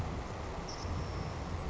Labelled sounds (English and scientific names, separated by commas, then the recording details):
Savannah Sparrow (Passerculus sandwichensis)
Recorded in Sonoma County, California